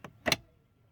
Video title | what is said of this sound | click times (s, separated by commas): How To Change The Cabin Air Filter In a Honda Odyssey | that click is in place and that is | 0.3 s